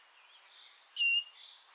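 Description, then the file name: Great tit call: two short high, thin whistles followed by a sudden drop to a lower slurred note, with faint soft tones around it. "Parus major"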